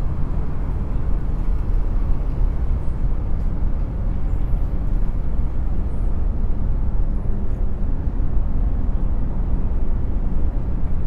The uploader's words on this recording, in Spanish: Paisaje Sonoro de la Ciudad | Sonidos desde el Horizonte con Ondas Binaurales Delta. Les invitamos a unirse a nosotros a 20 pisos sobre el bullicioso paisaje urbano. Un tapiz de sonidos que crean un reconfortante murmullo de ruido browniano.